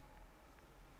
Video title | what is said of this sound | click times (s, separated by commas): Toyota Tundra Anytime Backup & New Front Facing Camera Kit Installation | might have been able to hear the click | 0.6 s